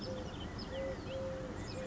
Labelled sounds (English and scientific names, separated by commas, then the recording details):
Eurasian Collared Dove (Streptopelia decaocto)
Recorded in Sonoma County, California